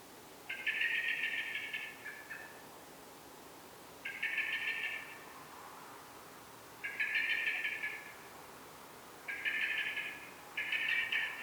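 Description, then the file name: Common blackbird giving repeated rattling chatter calls, five loud bursts of rapid scolding notes separated by short pauses. "Turdus merula"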